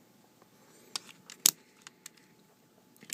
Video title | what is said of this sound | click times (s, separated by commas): Takara-Tomy MP-10 Masterpiece CONVOY (Second Version) | the nice clicky sounds it goes in push them in the arms | 1.0 s, 1.5 s